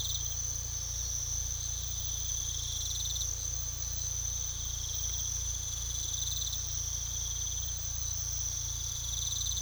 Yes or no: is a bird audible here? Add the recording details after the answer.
no. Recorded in pastures near Puerto Asís, Putumayo, Colombia, on 18 December 2024 at 03:30. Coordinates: 0.486, -76.323. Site GP01